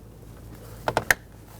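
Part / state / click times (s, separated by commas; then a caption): combination switch into steering column housing / seated / 1.1 s. A new plastic combination switch for a 2008–2020 Dodge Grand Caravan is slid down onto the steering column housing with its slot lined up and pushed in. Two softer clicks at 0.9 s and 1.0 s are followed by a sharp, louder click at 1.1 s as the switch seats into the column.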